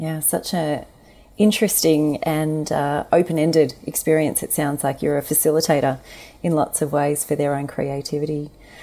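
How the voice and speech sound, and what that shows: One adult speaks fluently at a relaxed pace with natural pauses and clear voicing: typical conversational speech.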